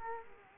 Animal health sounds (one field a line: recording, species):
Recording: mosquito wingbeat signal from an infrared sensor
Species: Culex quinquefasciatus